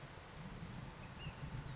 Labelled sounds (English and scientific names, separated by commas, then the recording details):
Ash-throated Flycatcher (Myiarchus cinerascens)
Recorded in Sonoma County, California